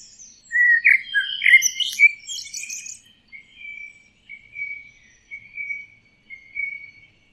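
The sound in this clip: Bird calls: a few loud chirpy notes early on, then a run of thin, even whistles repeated about once a second.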